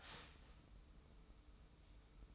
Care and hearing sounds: daily activity, microphone in the room; start toaster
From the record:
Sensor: 1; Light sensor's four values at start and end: 21/51/21/23 and 21/51/21/23

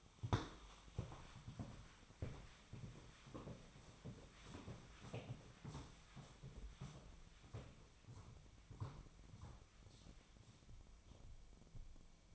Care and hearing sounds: daily activity, microphone in the room; walk to room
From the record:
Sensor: 1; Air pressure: 1010.2 hPa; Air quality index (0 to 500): 180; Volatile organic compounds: 14 ppm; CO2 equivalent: 2477 ppm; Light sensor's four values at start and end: 30/79/32/40 and 37/95/39/48

